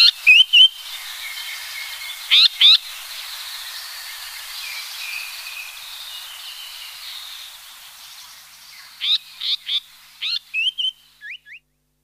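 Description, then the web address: Japanese paradise flycatcher song: short groups of buzzy slurred and whistled notes near the start and a longer burst toward the end, with a long quiet stretch of faint hiss between. "sikioto. sankoucho"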